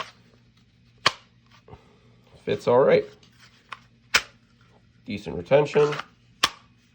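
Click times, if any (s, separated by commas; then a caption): 6.4 s. A PSA Dagger compact pistol is pushed into a generic holster, likely polymer, while someone talks. Several sharp clicks sound before the holster's retention catches the pistol with a final sharp click at 6.4 seconds, and the pistol is seated.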